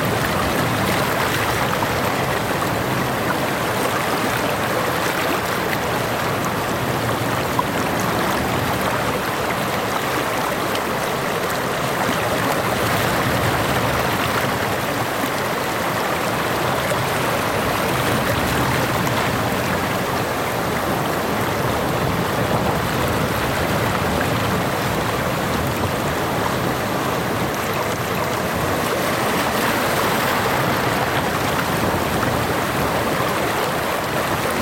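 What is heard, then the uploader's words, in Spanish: Gentle waves wash steadily against the shore in a dense, even hiss of water, with little change across the whole stretch. Olas Suaves al Atardecer. Los vibrantes colores del ocaso bailan sobre las olas suaves, acariciando la orilla con un ritmo constante.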